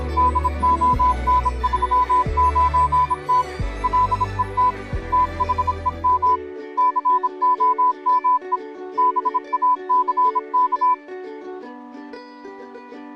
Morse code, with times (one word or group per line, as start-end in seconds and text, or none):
0.2-3.4 DON39T
3.8-4.7 LET
5.1-6.4 THEM
6.8-8.6 COME
9.0-10.9 BACK